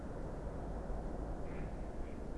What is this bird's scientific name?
Anas platyrhynchos